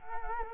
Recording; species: mosquito wingbeat signal from an infrared sensor; Culex quinquefasciatus